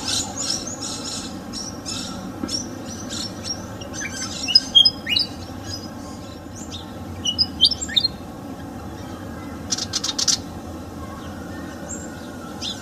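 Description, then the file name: Pied fantail song: short bursts of high, sharp chirped and whistled notes near 4.5 and 8 seconds, dry clicks, and further brief high notes near 10 seconds over steady low hum. In a garden. "kipasan kebun. omkicau"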